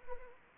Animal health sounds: mosquito wingbeat signal from an infrared sensor; Anopheles arabiensis

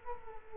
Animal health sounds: mosquito wingbeat signal from an infrared sensor; Culex quinquefasciatus

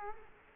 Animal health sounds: mosquito wingbeat signal from an infrared sensor; Culex quinquefasciatus

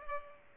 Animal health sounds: mosquito wingbeat signal from an infrared sensor; Culex pipiens

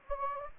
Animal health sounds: mosquito wingbeat signal from an infrared sensor; Anopheles gambiae

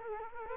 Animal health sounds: mosquito wingbeat signal from an infrared sensor; Culex quinquefasciatus

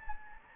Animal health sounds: mosquito wingbeat signal from an infrared sensor; Anopheles gambiae

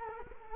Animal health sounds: mosquito wingbeat signal from an infrared sensor; Culex quinquefasciatus

